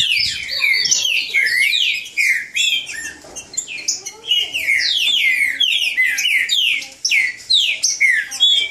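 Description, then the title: Green-winged saltator song: strong whistled phrases of falling slurs, delivered in rapid bursts separated by short pauses. Bird named Nicão singing in the woods, in a song contest with a free wild bird. "Trinca Ferro NICÃ O No Mato Disputando Com Solto"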